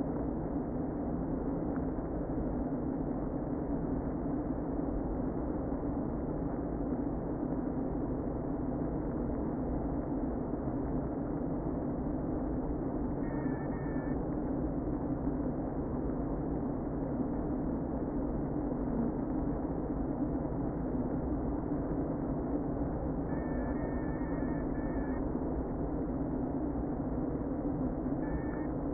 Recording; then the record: honeybee colony, microphone inside the hive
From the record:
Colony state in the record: queen present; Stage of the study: before two queens were removed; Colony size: about 60,000 bees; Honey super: yes